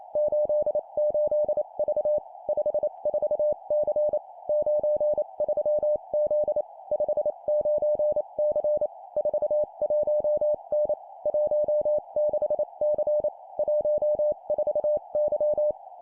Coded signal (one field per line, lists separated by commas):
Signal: Morse code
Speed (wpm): 28 wpm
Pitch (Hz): 600 Hz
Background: none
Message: 88V 54C 93Z 59C 41N 16C 14Y